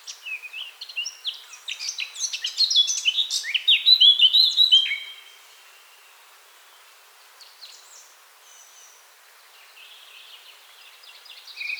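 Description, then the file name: Eurasian blackcap singing a fast chattering warble that swells into rich whistled notes for about five seconds, followed by near silence with a faint later phrase. "Sylvia atricapilla"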